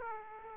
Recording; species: mosquito wingbeat signal from an infrared sensor; Aedes aegypti